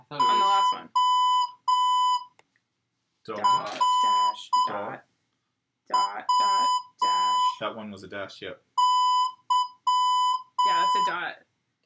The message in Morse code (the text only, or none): ORWY